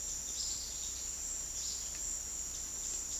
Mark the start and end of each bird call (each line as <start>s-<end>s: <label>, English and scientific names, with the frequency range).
0.00s-3.19s: Bananaquit (Coereba flaveola) (2.9-6.0 kHz)